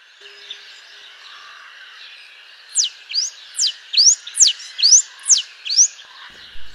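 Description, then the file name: Blue-and-yellow tanager song: a run of about eight thin, high, sharply sweeping notes, some falling and some rising, over a steady hiss of background noise. "Canto do sanhacu papa laranja"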